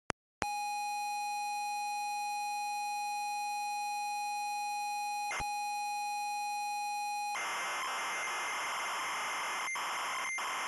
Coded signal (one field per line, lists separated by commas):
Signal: ZX Spectrum tape loading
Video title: [ZX Spectrum] And Yet It Works! (48K edition) - 001